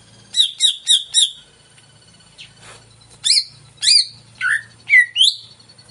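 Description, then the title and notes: Greater green leafbird song: a fast run of four bright chirps, a pause, then several rising and falling slurred whistles. Played as a lure to prompt a caged cucak ijo to sing before it is hung up; described as gacor, in full song. "Pancingan CUCAK IJO Mau Di Gantang. Cucak Ijo Gacor"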